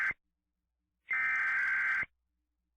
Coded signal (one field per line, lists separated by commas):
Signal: Emergency Alert System (SAME) tones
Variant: header bursts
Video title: EAS MOCK - When Winter Takes It's Course